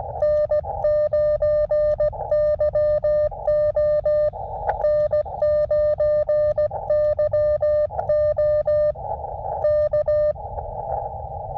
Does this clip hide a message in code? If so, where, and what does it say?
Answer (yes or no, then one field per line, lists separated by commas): yes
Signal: Morse code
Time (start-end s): 0.2-10.3 s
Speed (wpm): 16 wpm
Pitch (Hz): 600 Hz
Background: music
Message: N9YO N9YO K